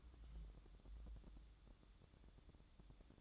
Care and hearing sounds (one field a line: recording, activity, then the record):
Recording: daily activity, microphone in the room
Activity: take from stove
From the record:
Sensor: 3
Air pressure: 1008.1 hPa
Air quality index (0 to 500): 132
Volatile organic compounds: 2 ppm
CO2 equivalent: 1094 ppm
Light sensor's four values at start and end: 8/20/8/7 and 8/20/8/7